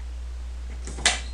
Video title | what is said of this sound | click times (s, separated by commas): VC 5000-Ci (VS 900) Commercial Steam Cleaner Auto Detailing Dry CarWash Steamer - Vapor Rino | boom click did good now we're ready to start steaming | 1.1 s